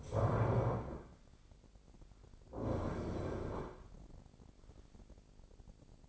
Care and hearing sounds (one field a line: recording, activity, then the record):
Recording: daily activity, microphone in the room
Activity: stand up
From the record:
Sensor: 5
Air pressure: 1009.4 hPa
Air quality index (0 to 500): 156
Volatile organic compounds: 2 ppm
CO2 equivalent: 1195 ppm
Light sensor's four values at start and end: 246/589/250/273 and 246/589/250/273